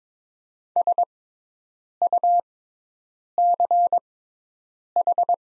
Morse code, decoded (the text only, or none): SUCH